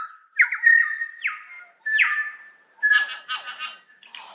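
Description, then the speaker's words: New Zealand Bellbird song: several bell-like notes sliding downward, followed by harsh crackling bursts. Recorded in 2012 on Ulva Island, a predator-free island beside Stewart Island, New Zealand, in native forest; song described as a wacky electronic cacophony. "I was completely enthralled by the wacky electronic cacophony of the New Zealand bellbird, imagining myself transported back in time with moas and giant eagles"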